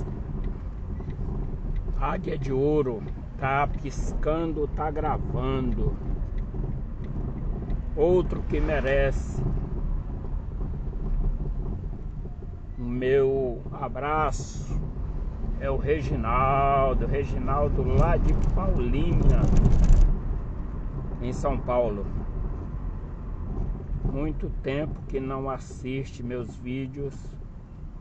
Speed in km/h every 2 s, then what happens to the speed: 25, 23, 16, 15, 22, 22, 23, 18, 14, 18, 31, 32, 29, 26.
0-5 slows to 15. 5-8 speeds up to 22. 12-15 slows to 14. 17-21 speeds up to 32.